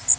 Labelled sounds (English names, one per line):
Blackburnian Warbler flight call